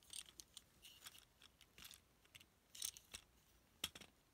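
The plastic knee pieces of a Transformers Earthrise Deluxe Class Hoist robot figure are lined up straight and pushed into the body during transformation. Light plastic clicks and rattles are heard, followed by a sharp snap at 3.8 seconds as the knee joints seat into place.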